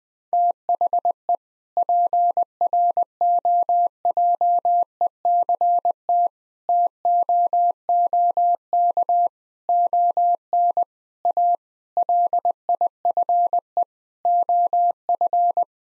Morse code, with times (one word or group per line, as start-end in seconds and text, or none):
0.3-1.3 THE
1.8-6.3 PROJECT
6.7-9.3 TOOK
9.7-10.8 ON
11.3-11.6 A
12.0-13.8 LIFE
14.3-15.6 OF